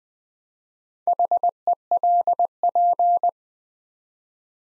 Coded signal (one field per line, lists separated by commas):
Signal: Morse code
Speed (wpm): 20 wpm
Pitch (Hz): 700 Hz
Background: none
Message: HELP